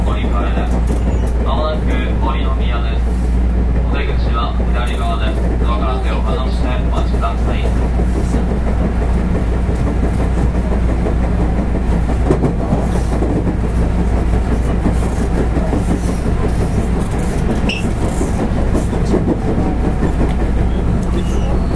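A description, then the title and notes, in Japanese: A 221 series electric train runs with a steady low rumble and rattle, voices audible early on over constant interior noise. JR西日本 221系。221系電車の走行音。環状線外回り 大阪から天王寺までです。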